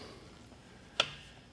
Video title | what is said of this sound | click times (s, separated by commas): REI's AW-30 Radio Bobcat Installation Guide | And once you push it all the way up till you hear it latch, once it's latched, let go. | 1.0 s